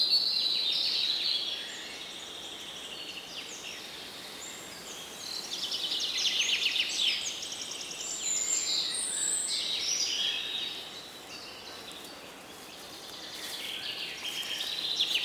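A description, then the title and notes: Rainforest ambience with a steady wash of flowing water running underneath throughout. Bright, busy bird and insect calls chirp and trill almost constantly on top, thinning briefly around the middle and again near twelve seconds before building back up. Rain forest sleep-scape with free flowing river.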